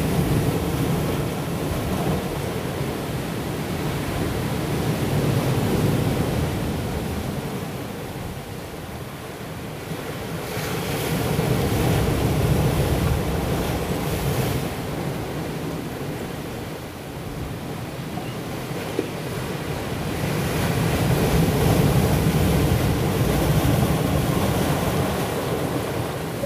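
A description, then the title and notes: Ocean waves and swell roll in continuously, a deep, dense rumble that swells and eases in slow surges roughly every five to eight seconds, loudest around 11–14 and 20–25 seconds. A steady hiss of wind and spray sits over the low roar throughout. Swells and waves (Headphones). Natural sound of waves and swells recorded in the wild south of Reunion Island also called the Intense Island. Son naturel de vagues et de la houle du Sud sauvage de l'île de la Réunion aussi appelée l'île intense.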